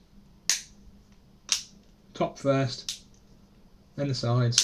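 During reassembly of a Vodafone Smart Ultra 6 smartphone after a teardown, the plastic back cover is squeezed onto the phone body. Its clips snap into place with sharp clicks at 0.5 s and 1.5 s, and someone talks afterward. The back cover is seated.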